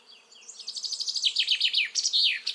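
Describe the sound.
Common chaffinch song, a rapid trill that descends in steps into louder notes and finishes with a sharp, emphatic flourish.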